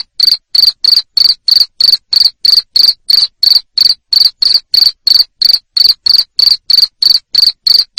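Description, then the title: Cricket giving a steady run of loud, shrill chirps, roughly three each second without a break. Loud cricket chirping used to make lovebirds keep singing (ngekek). "Suara JANGKRIK NGERIK Keras Bikin LOVEBIRD Jadi NGEKEK Terus Vubey"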